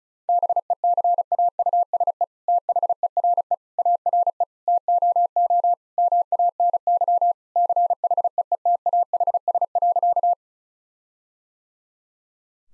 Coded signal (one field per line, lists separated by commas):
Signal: Morse code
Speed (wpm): 34 wpm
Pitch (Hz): 700 Hz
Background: none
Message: BECAUSE THERE ARE TOO MANY CHEETAHS.